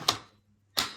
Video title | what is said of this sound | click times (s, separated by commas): Vax Evolve cordless upright vacuum cleaner - Overview & Demonstration | with a satisfying secure click | 0.8 s